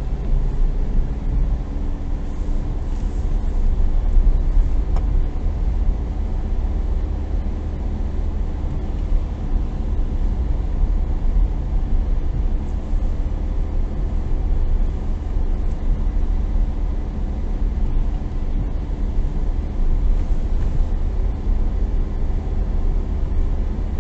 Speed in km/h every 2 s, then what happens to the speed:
20, 22, 23, 22, 22, 21, 22, 22, 21, 22, 22, 22.
0-24 steady at about 22.